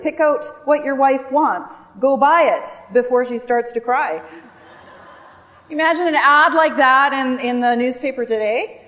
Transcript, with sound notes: Pick out what your wife wants. Go buy it before she starts to cry." (Laughter) Can you imagine an ad like that in the paper today?